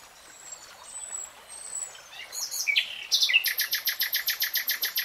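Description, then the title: Nightingale song: faint thin whistles build into harsh notes, then a rapid, evenly pulsed series of loud notes. Real-time recording. "[Tiếng chim hót] REALTIME Nightingale Singing"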